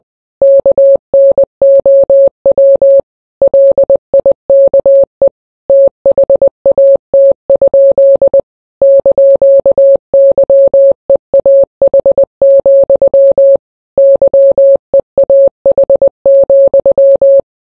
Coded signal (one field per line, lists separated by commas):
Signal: Morse code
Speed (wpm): 20 wpm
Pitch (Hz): 550 Hz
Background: none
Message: KNOW LIKE THAT? )YEAH, YEAH,